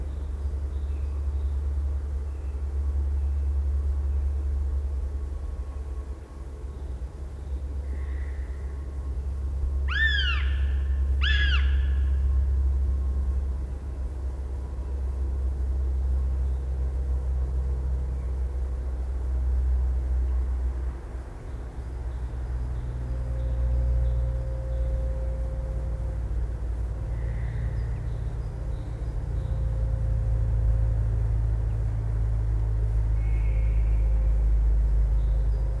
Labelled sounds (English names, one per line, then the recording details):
Northern Goshawk call
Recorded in the wild
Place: Ralswieker Forst, Insel Rügen, Mecklenburg-Vorpommern, DE
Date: 1969-04-06
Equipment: NAGRA III BH, Sennheiser MD21 mit Reflektor (d=75 cm, Glasfiber) und Stativ
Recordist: Schubert, Michael